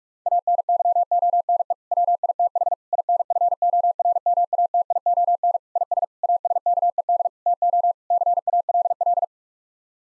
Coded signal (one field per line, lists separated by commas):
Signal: Morse code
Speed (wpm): 45 wpm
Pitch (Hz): 700 Hz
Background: none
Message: ANYONE WITH INFORMATION IS ASKED TO CALL